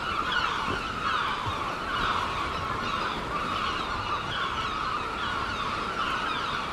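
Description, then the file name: Gulls call in a busy overlapping chorus, with a couple of soft knocks. Gulls at Seaton, dated 17 03. "OKM Seagulls Seaton 17 03"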